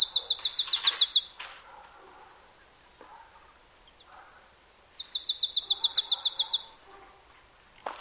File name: Poecile palustris